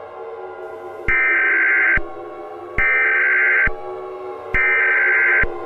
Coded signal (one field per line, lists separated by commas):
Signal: Emergency Alert System (SAME) tones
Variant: header bursts